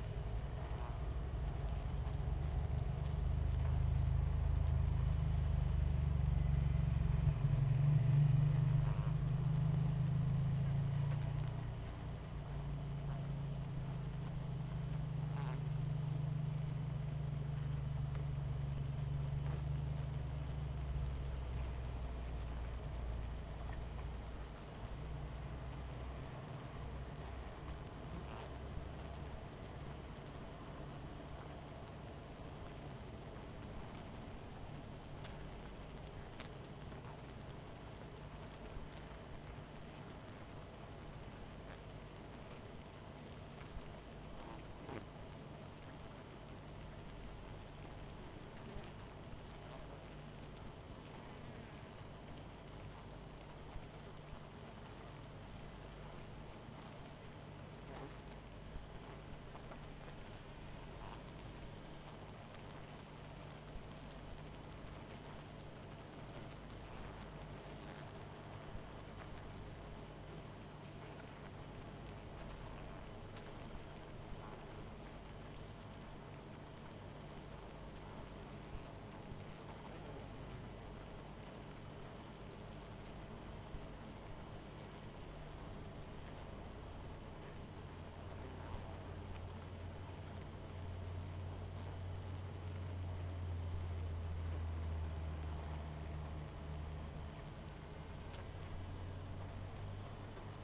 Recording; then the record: honeybee colony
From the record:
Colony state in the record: missing queen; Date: 14 July 2017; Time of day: 21:06